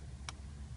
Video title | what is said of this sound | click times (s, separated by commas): VW Jetta TDI 1.9T Coolant Temperature Sensor Replacement DIY by Edge Motors | clicks it means it's dis disengaged then you wiggle it and you disconnect it | 0.3 s